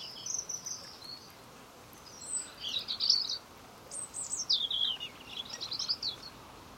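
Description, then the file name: European robin song, a run of high, sweet, warbling phrases that trill, slide and jump in pitch, separated by brief pauses, with steady low background hiss. "Erithacus rubecula"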